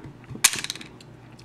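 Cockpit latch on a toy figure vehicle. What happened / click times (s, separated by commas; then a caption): The small latch clicked open and released / 0.5 s. A button on the back of a Chogokin Hello Kitty 40th Anniversary toy vehicle is pressed again, and the bow latch holding down the cockpit disengages with a loud, sharp click at 0.5 s. A quick series of fainter mechanical ticks follows until about 1.0 s as the canopy releases and opens.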